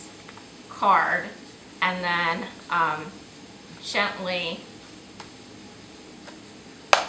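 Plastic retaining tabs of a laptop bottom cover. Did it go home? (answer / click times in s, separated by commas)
released / 6.9 s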